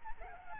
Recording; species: mosquito wingbeat signal from an infrared sensor; Aedes albopictus